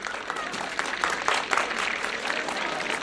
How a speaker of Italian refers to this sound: Questo applauso è per voi che avete scelto essere e benessere.